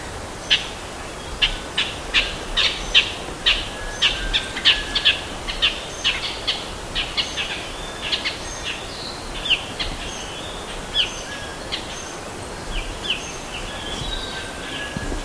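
Bird calls, a busy series of short, sharp chirps and high notes, some rising, dense through the first half and sparser later, over steady low background hiss.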